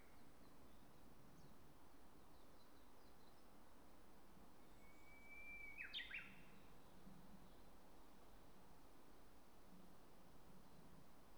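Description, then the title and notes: Japanese bush warbler singing one phrase midway: a clear sustained whistle slightly rising, ending in a short bright tumbling flourish; otherwise quiet background noise. Recorded at Polan Square near the Miyazawa Kenji Memorial Museum parking lot, National Route 456, Hanamaki, Iwate, Japan, using a DR-07XP recorder. "宮沢賢治記念館駐車場, 国道456号, 花巻市, 岩手県, 日本 - uguisu in Polan Square. uguisu(鶯)=Horornis diphone"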